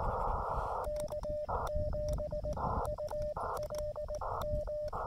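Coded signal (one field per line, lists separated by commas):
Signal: Morse code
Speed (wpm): 19 wpm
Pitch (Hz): 590 Hz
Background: radio noise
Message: K7ULM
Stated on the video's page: Morse from a summit activation using an Elecraft KX2 transceiver with a CHA MPAS Lite antenna.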